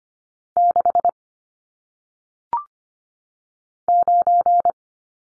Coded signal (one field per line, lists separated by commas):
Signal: Morse code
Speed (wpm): 25 wpm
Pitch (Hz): 700 Hz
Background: none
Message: 6 9